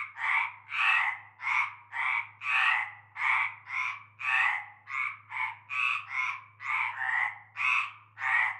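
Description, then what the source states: Frogs croaking in chorus, rasping bursts in a fast series from several overlapping callers, with a steady low hum underneath. Chorus of frogs calling from nightfall in a large concrete basin with stagnant greenish water, Avenue Cante Coucou, Groupède, La Ciotat, Bouches-du-Rhône, France.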